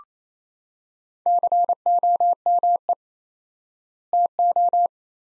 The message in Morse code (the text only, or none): COME TO